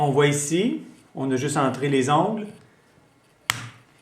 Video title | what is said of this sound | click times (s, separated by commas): Insérez ou sortir l'iPad 3 de son étui | On entend le clic. C'est ouvert. | 3.5 s